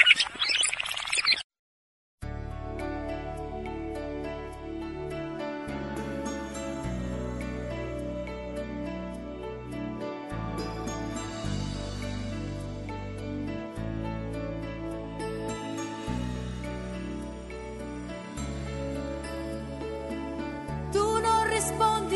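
An Italian pop song plays steadily, with sustained melodic notes shifting every second or two over a full bass line, after a brief pause near the start; no voices talk over it.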